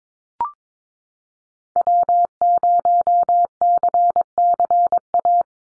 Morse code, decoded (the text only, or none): W0CCA